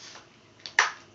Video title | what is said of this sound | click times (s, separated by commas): Prusa i3 build log, Stage 3 | and tighten down and it pops right in | 0.8 s